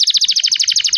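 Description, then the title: Canary song: a rapid, even trill of bright repeated notes, clean and high. Canary in cengkok song style, luxury (mewah) variant, used as a master recording for training birds. "Cengkok Kenari Mewah. MASTERAN KENARI CENGKOK mewah"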